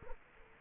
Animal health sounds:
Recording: mosquito wingbeat signal from an infrared sensor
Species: Culex quinquefasciatus

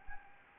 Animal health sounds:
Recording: mosquito wingbeat signal from an infrared sensor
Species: Anopheles gambiae

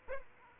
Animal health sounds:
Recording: mosquito wingbeat signal from an infrared sensor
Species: Aedes aegypti

